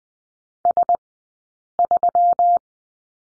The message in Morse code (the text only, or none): S3